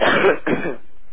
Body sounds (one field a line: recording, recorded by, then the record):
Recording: voluntary cough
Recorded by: telephone call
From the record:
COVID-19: positive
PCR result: self-reported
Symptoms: yes